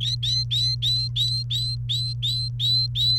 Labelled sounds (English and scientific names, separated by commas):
Domestic Canary (Serinus canaria) song